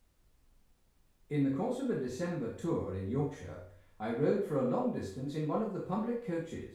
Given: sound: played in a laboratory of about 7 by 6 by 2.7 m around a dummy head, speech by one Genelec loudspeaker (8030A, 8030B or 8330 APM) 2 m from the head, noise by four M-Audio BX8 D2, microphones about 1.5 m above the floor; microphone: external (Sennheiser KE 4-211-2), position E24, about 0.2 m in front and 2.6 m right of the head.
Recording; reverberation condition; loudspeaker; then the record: male speech in English; medium; 120 degrees to the right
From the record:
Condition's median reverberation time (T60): about 510 ms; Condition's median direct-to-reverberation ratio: about -0.5 dB